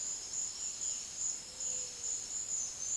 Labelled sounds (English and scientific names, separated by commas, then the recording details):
Violaceous Jay (Cyanocorax violaceus), Gray-fronted Dove (Leptotila rufaxilla)
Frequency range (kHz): Violaceous Jay (Cyanocorax violaceus) 1.9-3.9 kHz
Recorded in dense forest near Puerto Asís, Putumayo, Colombia, on 21 February 2024 at 08:30
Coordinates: 0.502, -76.326
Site G6460